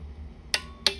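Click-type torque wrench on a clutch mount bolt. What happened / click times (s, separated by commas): The torque wrench clicked at its setting / 0.5 s, 0.9 s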